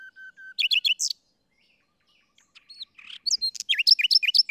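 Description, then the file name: Common nightingale song: soft level whistles, then a burst of sharp chirps, a pause, and a rapid run of repeated rich notes. "Luscinia megarhynchos"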